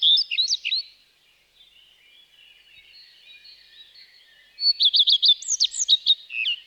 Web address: IVN Zangvogels. Gekraagde roodstaart